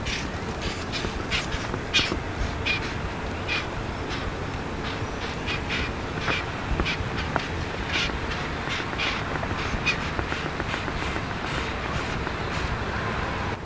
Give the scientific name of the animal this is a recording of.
Sylvia communis